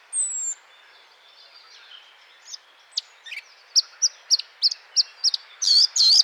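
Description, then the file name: Eurasian blackcap, a thin descending whistle, scattered soft notes, then a steady series of sharp high notes ending in two louder, rich phrases. "Sylvia atricapilla"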